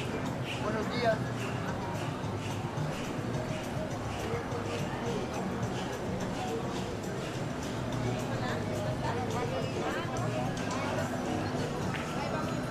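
A walk down 5th Avenue in Playa Del Carmen, with many overlapping voices chattering in a steady crowd murmur. The level stays even throughout, with a constant low rumble underneath and scattered brief clicks and knocks from footsteps or passing activity.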